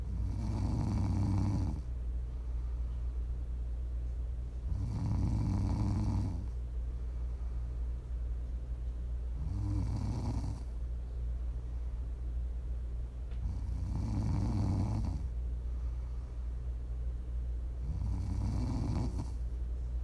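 Five low, rumbling snores at a steady pace, about thirteen a minute, with quiet breathing between them.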